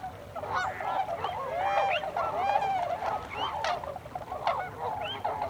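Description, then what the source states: Tundra swans calling as a flock, overlapping hooting honks, with near-continuous chatter throughout. Tundra swans, 26 December 2020.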